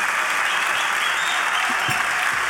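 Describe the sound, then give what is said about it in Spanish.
Loud, steady applause from a large audience at a blues festival concert, a dense wash of many hands clapping at once that holds evenly throughout without pausing or fading. “Muchísimas gracias a todos y todas por el cariño, por los aplausos.”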